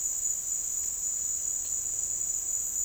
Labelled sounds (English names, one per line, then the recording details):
none
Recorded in dense forest near Puerto Asís, Putumayo, Colombia, on 4 March 2025 at 09:30
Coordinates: 0.499, -76.324
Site GP03